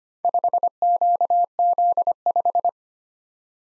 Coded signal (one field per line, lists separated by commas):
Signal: Morse code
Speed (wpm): 25 wpm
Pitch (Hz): 700 Hz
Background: none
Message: 5QZ5